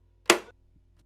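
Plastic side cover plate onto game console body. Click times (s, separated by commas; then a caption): 0.3 s. A plastic replacement side cover plate is hooked onto a game console body and slid to the right until its hooks lock. A single sharp, bright click sounds at 0.3 s and fades out over about a fifth of a second, followed by two faint soft taps. The side panel is seated and clicked into place.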